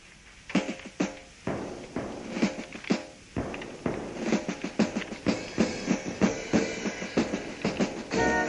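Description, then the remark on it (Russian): A short musical jingle built around a train sound effect, with rhythmic chugging clatter and sharp percussive hits repeating steadily under bright tonal music, no voices present. “Да, и давай это сделаем в музыкальном поезде.”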